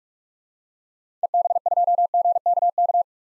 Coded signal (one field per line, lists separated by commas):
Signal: Morse code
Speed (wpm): 43 wpm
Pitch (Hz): 700 Hz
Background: none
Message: EB2GKK